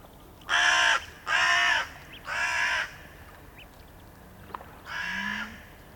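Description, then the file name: Crow cawing: three harsh caws in quick succession, the third weaker, then a pause and a fourth, weaker caw, with a few faint clicks behind. A crow recorded close by in a forest. "Digiffects Sound Effects Library - Close Crow in Forest"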